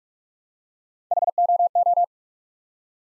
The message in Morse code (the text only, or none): HOO